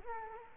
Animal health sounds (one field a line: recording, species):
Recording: mosquito wingbeat signal from an infrared sensor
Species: Culex quinquefasciatus